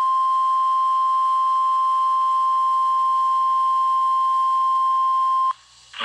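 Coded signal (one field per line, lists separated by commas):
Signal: Emergency Alert System (SAME) tones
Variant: 1050 Hz attention tone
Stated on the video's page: Required Weekly Test from a NOAA weather radio station in Waco, Texas.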